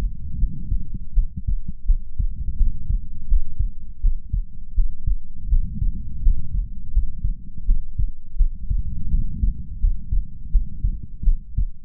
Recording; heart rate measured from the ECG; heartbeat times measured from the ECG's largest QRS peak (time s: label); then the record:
heart sounds by stethoscope; 83 bpm
0.37 s: heartbeat
1.13 s: heartbeat
1.85 s: heartbeat
2.56 s: heartbeat
3.26 s: heartbeat
4.00 s: heartbeat
4.73 s: heartbeat
5.48 s: heartbeat
6.21 s: heartbeat
6.91 s: heartbeat
7.64 s: heartbeat
8.36 s: heartbeat
9.08 s: heartbeat
9.79 s: heartbeat
10.50 s: heartbeat
11.23 s: heartbeat
From the record:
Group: healthy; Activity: cold pressor test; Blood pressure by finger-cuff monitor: 104/63 mmHg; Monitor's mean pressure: 77 mmHg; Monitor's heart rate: 83 bpm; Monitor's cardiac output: 6.9 L/min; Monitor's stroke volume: 84 mL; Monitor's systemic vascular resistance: 810 dyn s/cm5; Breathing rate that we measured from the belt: 19 breaths a minute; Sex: female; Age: 26 years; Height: 165 cm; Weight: 55 kg